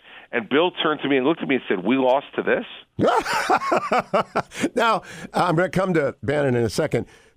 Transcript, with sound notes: And Bill turned to me, looked at me, and said we lost to this?
(laughing) Now I’m going to come to Bannon in a second.